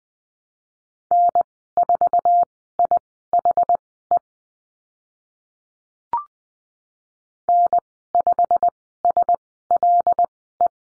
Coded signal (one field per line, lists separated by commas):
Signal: Morse code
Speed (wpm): 20 wpm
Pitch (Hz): 700 Hz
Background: none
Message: N4IHE N5SLE